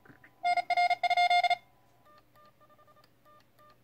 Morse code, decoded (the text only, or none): NR?